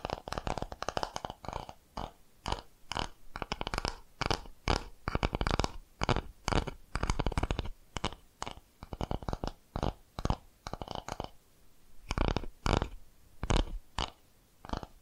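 Quick tapping triggers fill the clip, sharp bright taps arriving in dense clusters with short uneven gaps between them. The pace stays busy through the first eleven seconds, then thins to sparser bursts near the end, with a faint scratchy rustle underneath.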